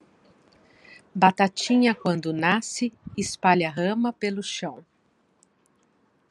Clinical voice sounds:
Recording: short text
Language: Brazilian Portuguese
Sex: female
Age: 50 to 59 years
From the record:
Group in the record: control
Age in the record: 55 years

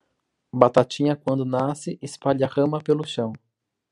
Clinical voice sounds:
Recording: short text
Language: Brazilian Portuguese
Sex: male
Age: 30 to 39 years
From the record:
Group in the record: control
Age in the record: 34 years

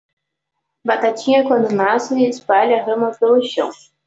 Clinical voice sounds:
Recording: short text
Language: Brazilian Portuguese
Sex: female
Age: 20 to 29 years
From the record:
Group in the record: control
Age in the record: 23 years

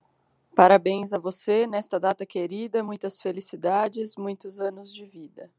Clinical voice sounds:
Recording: short text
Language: Brazilian Portuguese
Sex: female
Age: 30 to 39 years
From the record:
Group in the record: control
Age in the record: 31 years

